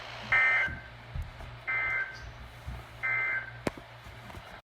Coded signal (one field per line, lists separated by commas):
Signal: Emergency Alert System (SAME) tones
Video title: EAS Wonderland (2) Alerts from 7/2/22 (EAS #281 - 285)